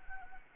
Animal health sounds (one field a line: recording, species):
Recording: mosquito wingbeat signal from an infrared sensor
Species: Anopheles arabiensis